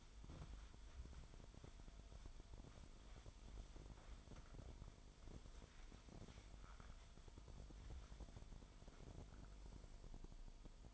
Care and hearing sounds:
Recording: daily activity, microphone in the room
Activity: wipe stove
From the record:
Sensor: 5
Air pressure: 1003.4 hPa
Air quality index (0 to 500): 142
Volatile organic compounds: 2 ppm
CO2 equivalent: 1033 ppm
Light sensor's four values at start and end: 35/78/35/40 and 36/80/36/41

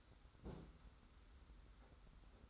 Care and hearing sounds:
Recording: daily activity, microphone in the room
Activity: place on stove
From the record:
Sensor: 3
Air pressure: 991.1 hPa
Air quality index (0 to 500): 102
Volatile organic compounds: 37 ppm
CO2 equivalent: 3088 ppm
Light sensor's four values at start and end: 45/124/51/44 and 45/124/51/44

